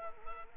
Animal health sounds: mosquito wingbeat signal from an infrared sensor; Culex quinquefasciatus

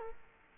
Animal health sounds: mosquito wingbeat signal from an infrared sensor; Culex quinquefasciatus

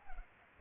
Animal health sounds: mosquito wingbeat signal from an infrared sensor; Culex pipiens

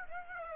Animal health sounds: mosquito wingbeat signal from an infrared sensor; Aedes aegypti

